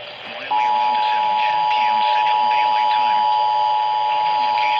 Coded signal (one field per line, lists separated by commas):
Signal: Emergency Alert System (SAME) tones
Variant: 853 and 960 Hz attention tone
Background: speech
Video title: LOOK AT IT ALL MESSAGE TO NOTIFICATIONS... EAS Alerts from 9/21/25 (EAS#4,669 - 4,687)